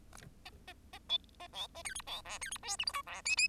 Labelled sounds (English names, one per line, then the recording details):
Bengalese Finch song
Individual Bird10